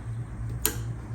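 An electrical connector, the brake wear sensor or electric parking brake plug on the rear brake caliper of a 2015–2022 Subaru Legacy, is pushed into its mating harness socket. A single sharp click is heard at 0.6 s over a steady low hum. The connector is seated and plugged in.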